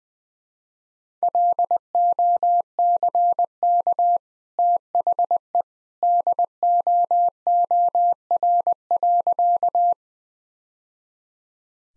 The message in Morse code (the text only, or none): LOCK THE DOOR.